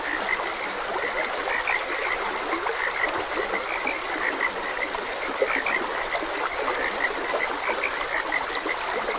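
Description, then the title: Frogs calling in a dense chorus of brief, repeated croaks, several at once, against steady running water. Frogs croaking beside a gentle stream. "Gentle Stream and Frogs Croaking"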